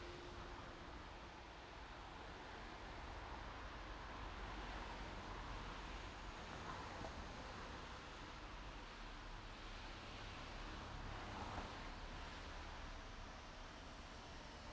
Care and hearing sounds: everyday scene through a hearing-aid microphone; in traffic; traffic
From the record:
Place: main road on the outskirts, rush hour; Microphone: in the ear canal, right

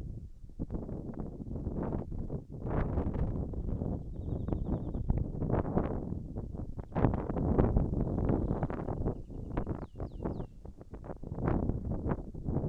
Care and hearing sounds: everyday scene through a hearing-aid microphone; wind on the microphone; wind, birds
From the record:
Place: in front of a rural house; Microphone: behind the ear, right, front

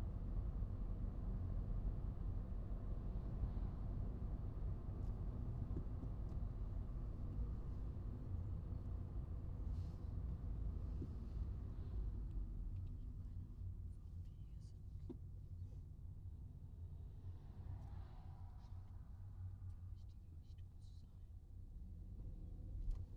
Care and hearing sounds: everyday scene through a hearing-aid microphone; in a vehicle; engine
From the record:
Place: Skoda Fabia, gasoline engine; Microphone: in the ear canal, right

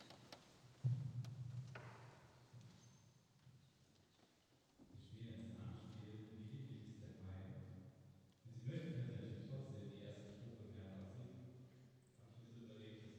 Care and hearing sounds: everyday scene through a hearing-aid microphone; reverberant space; speech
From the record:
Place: church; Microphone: in the ear canal, left

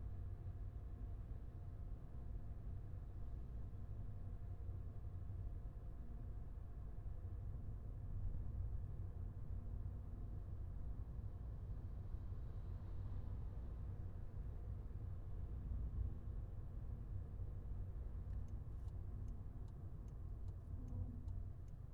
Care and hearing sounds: everyday scene through a hearing-aid microphone; in a vehicle; engine, highway driving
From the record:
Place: Skoda Fabia, gasoline engine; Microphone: behind the ear, left, rear

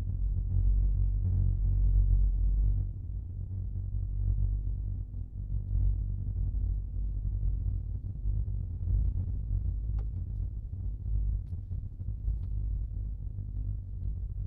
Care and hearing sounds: everyday scene through a hearing-aid microphone; in a vehicle; engine, rumble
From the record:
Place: Skoda Fabia, gasoline engine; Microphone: in the ear canal, left

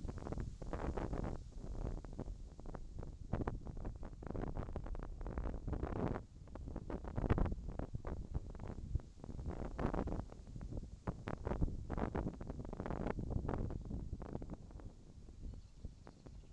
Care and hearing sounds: everyday scene through a hearing-aid microphone; wind on the microphone; wind, whistling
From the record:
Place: in front of a rural house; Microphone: in the ear canal, left

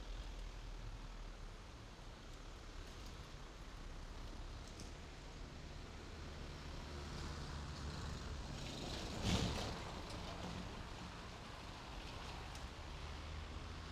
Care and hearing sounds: everyday scene through a hearing-aid microphone; in traffic; traffic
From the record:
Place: main road on the outskirts, rush hour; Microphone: in the ear canal, left

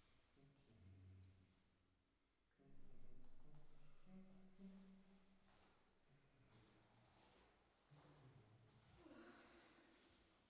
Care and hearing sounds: everyday scene through a hearing-aid microphone; reverberant space; speech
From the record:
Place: staircase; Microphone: behind the ear, right, front

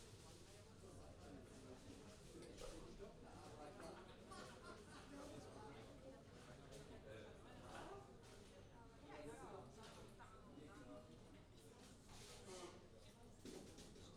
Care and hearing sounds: everyday scene through a hearing-aid microphone; many people talking; many voices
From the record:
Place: university cafeteria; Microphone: in the ear canal, left

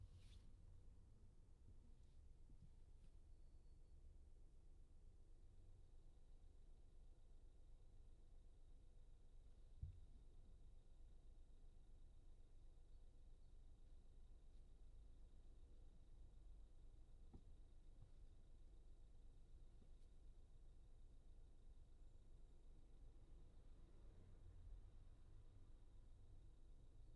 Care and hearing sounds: everyday scene through a hearing-aid microphone; in a vehicle; engine idling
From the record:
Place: Skoda Fabia, gasoline engine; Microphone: in the ear canal, left

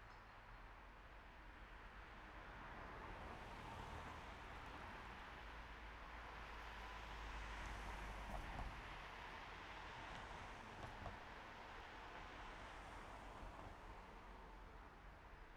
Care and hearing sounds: everyday scene through a hearing-aid microphone; in traffic; traffic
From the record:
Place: main road on the outskirts, rush hour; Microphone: behind the ear, right, front

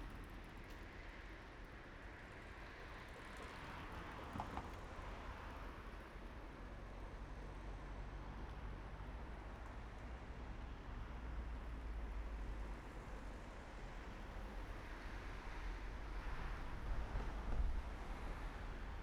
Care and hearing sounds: everyday scene through a hearing-aid microphone; in traffic; traffic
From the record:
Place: main road on the outskirts, rush hour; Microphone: behind the ear, right, front

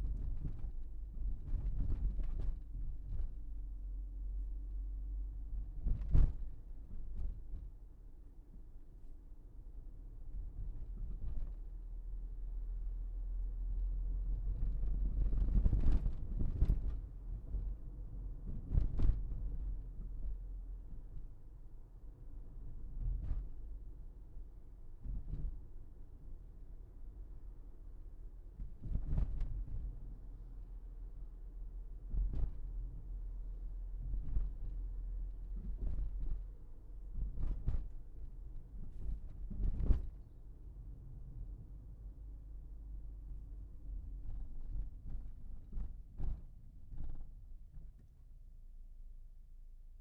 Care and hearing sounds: everyday scene through a hearing-aid microphone; in a vehicle; engine, rumble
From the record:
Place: Berlingo II, diesel engine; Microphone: behind the ear, left, front

